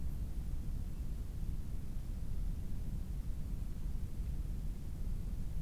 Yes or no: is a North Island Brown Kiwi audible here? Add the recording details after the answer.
no. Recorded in New Zealand on 18 October 2015. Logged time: 23:14. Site BR12